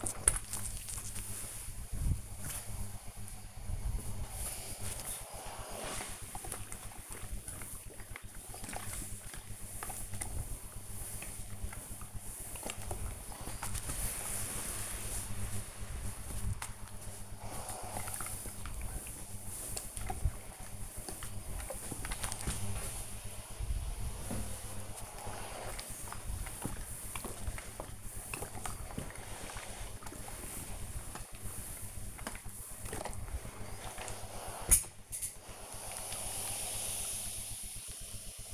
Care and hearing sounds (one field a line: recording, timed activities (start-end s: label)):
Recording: household activities, microphone on the right wrist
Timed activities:
0.00-38.45 s: ironing laundry